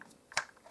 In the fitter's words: show some care when putting those up and down and that kind of locks into place there and